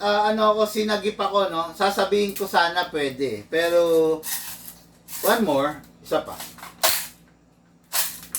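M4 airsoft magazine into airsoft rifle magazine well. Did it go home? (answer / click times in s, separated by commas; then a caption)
no / none. Someone talks, then an M4 airsoft magazine is pushed into an airsoft rifle's magazine well again on a second try, landing with a sharp impact at about 8.4 s. The magazine has not locked, and nothing has seated or clicked yet.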